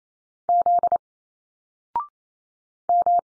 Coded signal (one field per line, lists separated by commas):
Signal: Morse code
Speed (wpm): 28 wpm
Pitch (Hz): 700 Hz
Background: none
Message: Z M